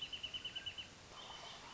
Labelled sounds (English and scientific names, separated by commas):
Wrentit (Chamaea fasciata)